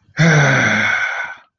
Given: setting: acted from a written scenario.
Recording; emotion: vocal sound without words; triumph